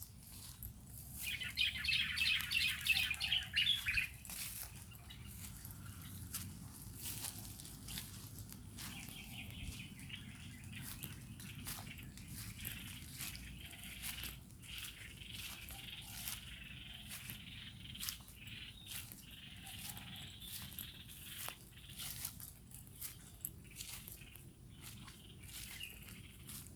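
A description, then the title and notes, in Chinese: A morning walk among nature: a burst of bright, rapid bird chirping rings out in the first few seconds, then thinner calls keep trickling in. Crunchy footsteps tick along steadily throughout over a low, constant rumble. 牛樟家園晨間散步。自然音。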